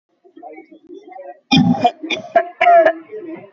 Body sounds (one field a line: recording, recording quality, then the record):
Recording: heavy voluntary cough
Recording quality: moderate, slight background noise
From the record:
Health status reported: exposed to COVID-19, no respiratory illness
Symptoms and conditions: none ticked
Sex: male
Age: 24 years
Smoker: not ticked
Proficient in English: yes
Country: India